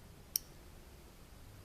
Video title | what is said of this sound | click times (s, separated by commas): Glock 17 Gen 3 RTF2 Trigger Connector Replacement | when you set it you're going to slide it back and you'll feel it click | 0.4 s